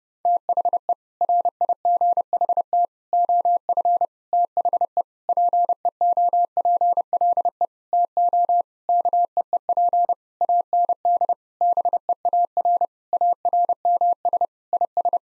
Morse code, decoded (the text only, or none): THE RIGHT OF THE PEOPLE TO KEEP AND BEAR ARMS IS